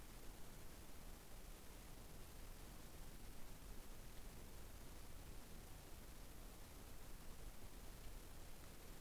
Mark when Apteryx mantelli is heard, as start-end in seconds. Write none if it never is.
none